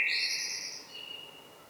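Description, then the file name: Common blackbird song fragment, a fluty whistled note near the start that fades away into quiet background. "Turdus merula"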